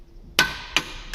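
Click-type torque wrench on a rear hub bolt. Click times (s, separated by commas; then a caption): 0.4 s. A click-type torque wrench set to 45 ft-lb tightens a wheel-bearing hub bolt on the rear of a Mondeo during a rear bearing change. It gives a loud, sharp click at 0.4 s as it reaches the setting, followed by a quieter sharp tick at about 0.8 s and another sound starting near 1.1 s. The bolt is confirmed torqued to 45 ft-lb.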